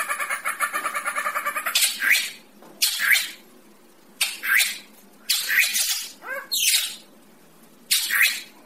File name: tieng cheo beo duoi co